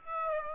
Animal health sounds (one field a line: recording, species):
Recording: mosquito wingbeat signal from an infrared sensor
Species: Aedes aegypti